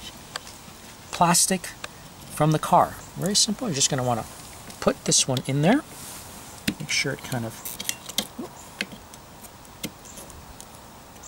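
Someone talks while a new rear wiper blade with a plastic mount is handled and lined up on the rear wiper arm of an Audi A3, with brief light taps and rattles of handling scattered through the clip. Nothing has seated or clicked into place yet.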